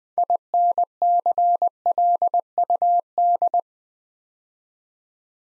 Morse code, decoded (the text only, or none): INCLUD